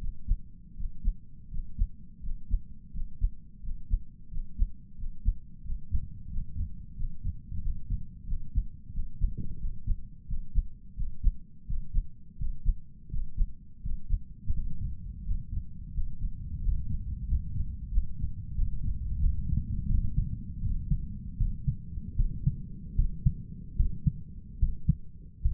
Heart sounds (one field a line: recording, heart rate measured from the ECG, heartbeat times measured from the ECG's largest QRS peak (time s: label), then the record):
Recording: heart sounds by stethoscope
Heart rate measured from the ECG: 85 bpm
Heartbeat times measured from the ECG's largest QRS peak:
0.75 s: heartbeat
1.49 s: heartbeat
2.21 s: heartbeat
2.91 s: heartbeat
3.61 s: heartbeat
4.29 s: heartbeat
4.96 s: heartbeat
5.62 s: heartbeat
6.28 s: heartbeat
6.95 s: heartbeat
7.61 s: heartbeat
8.26 s: heartbeat
8.92 s: heartbeat
9.58 s: heartbeat
10.26 s: heartbeat
10.95 s: heartbeat
11.65 s: heartbeat
12.37 s: heartbeat
13.09 s: heartbeat
13.81 s: heartbeat
14.52 s: heartbeat
15.24 s: heartbeat
15.93 s: heartbeat
16.60 s: heartbeat
17.26 s: heartbeat
17.90 s: heartbeat
18.54 s: heartbeat
19.19 s: heartbeat
19.87 s: heartbeat
20.61 s: heartbeat
21.37 s: heartbeat
22.15 s: heartbeat
22.95 s: heartbeat
23.76 s: heartbeat
24.58 s: heartbeat
25.41 s: heartbeat
From the record:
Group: healthy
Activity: breath hold 0-21 s, rest 21-26 s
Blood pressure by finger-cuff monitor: 99/64 mmHg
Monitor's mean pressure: 73 mmHg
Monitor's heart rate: 86 bpm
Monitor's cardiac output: 7.8 L/min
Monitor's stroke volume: 90 mL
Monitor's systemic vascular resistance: 640 dyn s/cm5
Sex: male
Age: 23 years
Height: 178 cm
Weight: 96.6 kg